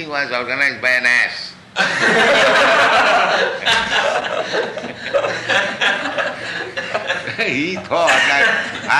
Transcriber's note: laughter